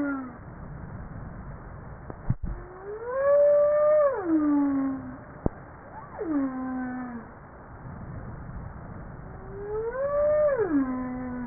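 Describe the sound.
Humpback whale giving three long, moaning, harmonic cries that glide in pitch and sweep downward, with a couple of brief clicks between.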